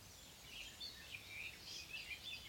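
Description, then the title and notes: Black redstart song: brief, scratchy high chirps and twitters scattered over a soft steady hiss. Nimble flycatching bird; individuals sometimes chase one another in flight. "Zwarte roodstaart Phoenicurus ochruros Hausrotschwanz Rougequeue noir"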